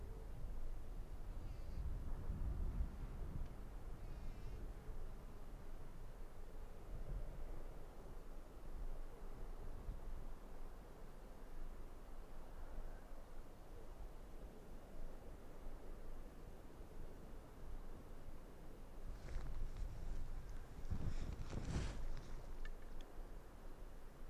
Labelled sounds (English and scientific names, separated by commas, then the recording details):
Arctic Fox (Vulpes lagopus)
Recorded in the wild
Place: Insel Mednyi, Kommandeur-Inseln, RU
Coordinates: 54.5167, 168.083
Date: 1999-08-24
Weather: 8°C, bedeckt
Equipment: Sony WM-D6C, Sennheiser ME 80, K 30 AV, Windkorb, Kopie Tascam DA 30
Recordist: Jakupi, Antje
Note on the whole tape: Südosten der Insel, Haupttal, Bambusstange: Zwei Bellstrophen aus Richtung Hüttental, oder südliches Nachbartal. Starke Störungen (Wackelkontakt)